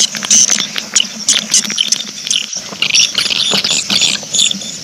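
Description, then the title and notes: Swiftlet twittering calls, dense high chirps overlapping throughout, with a low steady hum underneath. Swiftlet sound used in swiftlet farming, Asia. "Swiflet Bird Sound. Farming Swiflet Bird asia sound"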